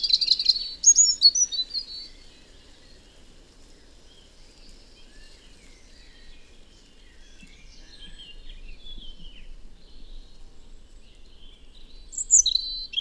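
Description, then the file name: European robin song: high, thin warbling phrases at the start and again near the end, with soft scattered notes between them. "Erithacus rubecula"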